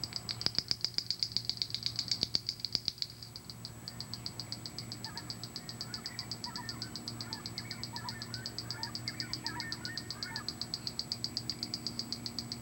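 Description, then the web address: Wren-like Rushbird song, opening with sharp clicking bursts, then settling into an even run of rapid, high, dry ticks; soft twittering of other birds and a low hum underneath. "cantos junquero"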